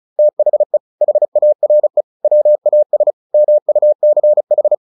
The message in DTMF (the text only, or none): none